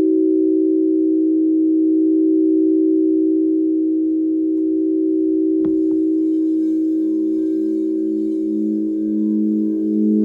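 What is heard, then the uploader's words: A crystal singing bowl rings with a steady, pure mid-pitched tone that holds evenly throughout. Just before six seconds a soft strike or touch adds a brief click, after which a second, lower bowl tone joins in, gently pulsing beneath the first. Crystal Singing Bowls. Sound Bath.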